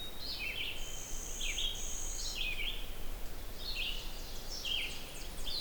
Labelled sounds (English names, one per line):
Red-eyed Vireo song